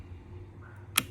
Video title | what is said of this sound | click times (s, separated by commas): Secrets of TWS Bluetooth 5.0 Earbuds | It's magnetic, so it just pops right in. | 1.0 s